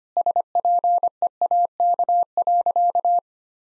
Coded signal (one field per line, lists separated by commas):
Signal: Morse code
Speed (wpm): 25 wpm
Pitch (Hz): 700 Hz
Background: none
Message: SPEAK.